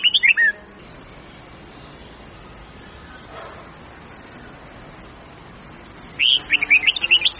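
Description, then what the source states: Red-whiskered bulbul song with a short burst of notes at the start, then a long quiet gap before a longer, rapid, chirpy phrase. Huế-type bulbul; long-phrase song with 9 to 12 notes, changing its phrasing continuously.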